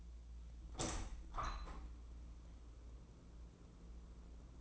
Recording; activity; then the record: daily activity, microphone in the room; open window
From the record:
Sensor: 1